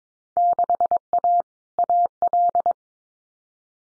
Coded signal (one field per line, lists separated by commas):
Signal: Morse code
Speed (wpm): 22 wpm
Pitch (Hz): 700 Hz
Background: none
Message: 6A AL